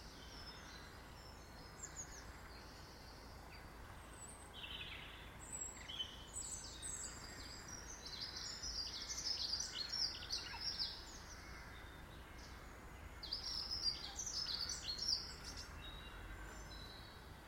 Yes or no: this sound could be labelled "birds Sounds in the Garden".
yes